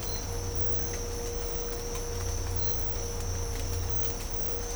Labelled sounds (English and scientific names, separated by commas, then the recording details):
none
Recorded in dense forest near Puerto Asís, Putumayo, Colombia, on 22 December 2024 at 06:00
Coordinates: 0.503, -76.323
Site G043